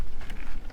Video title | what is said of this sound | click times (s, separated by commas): Rachel empties the black tank - Dealing with the stinky slinky - How to empty an RV black tank | and make sure it pushes in hard you're going to hear a little click now you know that it's closed | 0.3 s, 0.4 s